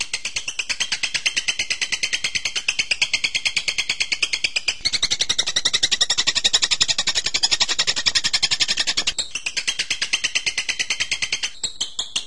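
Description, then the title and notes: Bird song, a long rapid stream of high pulsed notes that grows louder in the middle, then softens again, with changing phrases. Birdsong for training (masteran). "MASTERAN BURUNG. suarane manok"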